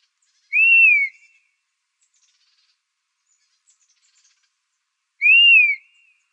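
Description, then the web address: Dusky-capped flycatcher, a pair of clear descending whistles with a brief upward start, separated by about four seconds of quiet. Recorded in Arizona on 15 July 2006. "Flycatchers DCFL. deviche"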